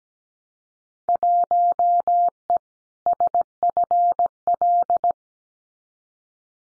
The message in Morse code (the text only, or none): 1E SFL